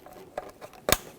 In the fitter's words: once that connector clicks line it up it's got a tab down here and one up here